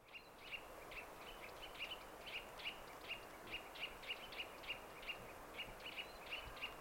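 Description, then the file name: Eurasian nuthatch giving a steady series of short notes, two or three each second, over a constant low hiss. "Sitta europaea"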